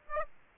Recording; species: mosquito wingbeat signal from an infrared sensor; Aedes aegypti